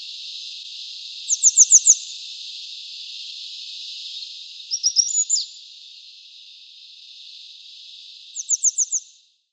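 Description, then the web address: Grey wagtail song: three short bursts of high, quickly repeated ticking notes a few seconds apart, over a steady background hiss. "Schulze Peter Grey Wagtail song"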